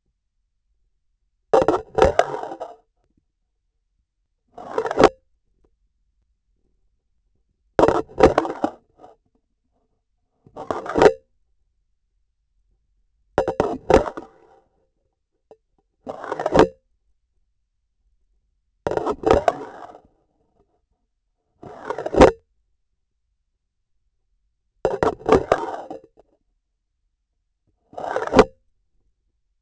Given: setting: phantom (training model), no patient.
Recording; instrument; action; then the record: laparoscopic instrument, vibration sensor on the handle end; grasping forceps; insertion and removal through the trocar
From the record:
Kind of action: spatial motion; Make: Olympus